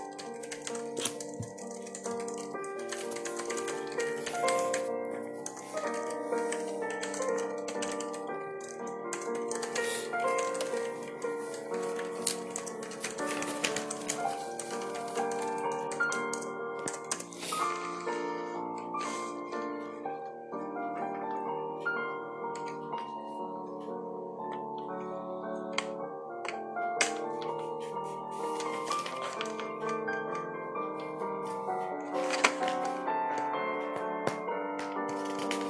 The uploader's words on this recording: Soft piano music. Pencil, flipping pages and typing ASMR. There's sound of typing on the keyboard and stuff.